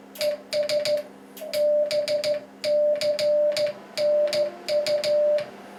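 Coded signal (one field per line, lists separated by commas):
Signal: Morse code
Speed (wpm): 13 wpm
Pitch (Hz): 590 Hz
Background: music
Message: ES BCNU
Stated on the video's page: Sent on an 80-year-old Spitfire aircraft Morse key once used for plane-to-plane communication.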